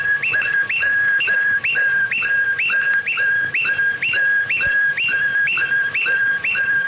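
Canary song made of a repeated two-part whistled phrase, a low note jumping to a higher one, given about twice a second throughout.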